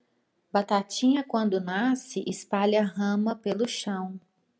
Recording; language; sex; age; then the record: short text; Brazilian Portuguese; female; 30 to 39 years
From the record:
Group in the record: control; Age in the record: 37 years